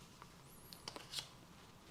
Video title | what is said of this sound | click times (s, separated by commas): Topeak PowerLite Connected Bike Light Combo Review - feat. RedLite 80BT + WhiteLite 800BT + USB-C | and then it's simple click to lock into place. | 0.9 s